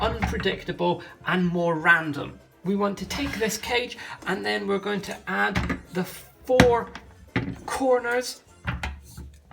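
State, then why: Not seated. Someone talks while handling a plastic corner piece and pressing it toward the cage of a 2003 Mattel TAZmania Looney Tunes Back In Action 3D action board game, as the four corners are being added. A sharp, loud knock is heard near 8.8 s, followed by a couple of faint ticks. Nothing has seated or clicked yet.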